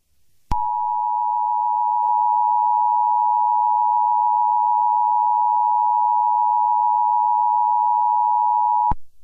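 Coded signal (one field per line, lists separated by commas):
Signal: Emergency Alert System (SAME) tones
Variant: 853 and 960 Hz attention tone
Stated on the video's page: Fictional EAS mock scenario as a 9/11 tribute, not a real alert.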